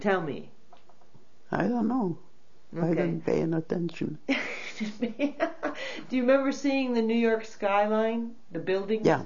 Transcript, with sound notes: Tell me.
I don't know.
Okay.
I wasn't paying attention.
( she laughs ) Okay. Do you remember seeing the New York skyline, the buildings?